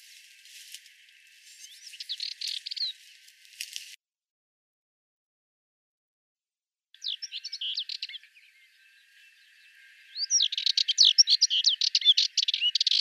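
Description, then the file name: Sardinian warbler song: scratchy rattling phrases, a gap of silence, a short burst of chatter, then a louder, longer chatter toward the end. "Fauvette melanocephale"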